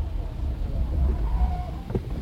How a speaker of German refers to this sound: Ich parke den Wagen da hinter der Maschine.